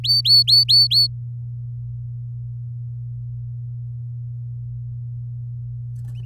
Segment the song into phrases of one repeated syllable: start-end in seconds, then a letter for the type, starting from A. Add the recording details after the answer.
0.04-1.07 A. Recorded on 6 May 2018 at 08:20. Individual llb16